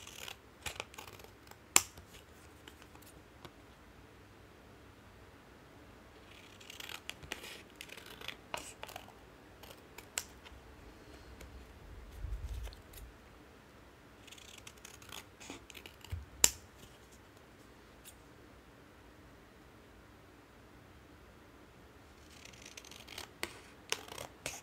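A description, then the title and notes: Cards are shuffled and cut in bursts of crisp riffling clicks around 0–2, 6–9, 14–17 and 22–25 seconds, with sharp snaps between quieter pauses. Tarot Card Edging. ASMR soundscape triggers include card shuffling and cutting sounds.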